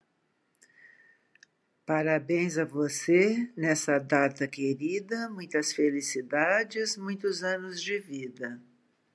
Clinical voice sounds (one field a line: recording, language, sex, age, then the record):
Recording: short text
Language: Brazilian Portuguese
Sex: female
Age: 70 to 79 years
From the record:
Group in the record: control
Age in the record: 71 years